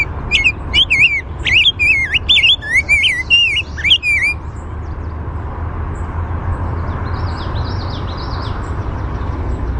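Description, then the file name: Rose-breasted grosbeak singing a fast warble of liquid up-and-down whistles for about four seconds, then a faint higher chirping over a steady low rumble. "RBGR chink song"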